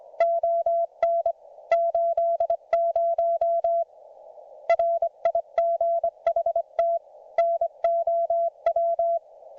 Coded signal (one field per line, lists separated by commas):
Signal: Morse code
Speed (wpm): 25 wpm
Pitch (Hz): 690 Hz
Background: none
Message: ON 80 RIGHT NOW